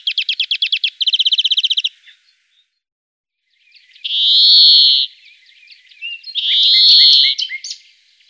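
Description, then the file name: European greenfinch song: two rapid trills in succession, a pause, then two drawn-out wheezy, buzzing notes, each about a second long. "verdone"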